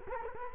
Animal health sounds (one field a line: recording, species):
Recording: mosquito wingbeat signal from an infrared sensor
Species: Culex quinquefasciatus